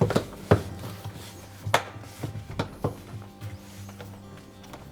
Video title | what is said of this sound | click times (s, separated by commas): Whirlpool Washer Repair – How to replace the Tub Wear Pads - Package of 3 | and then press down until they snap in place now | 0.5 s, 1.7 s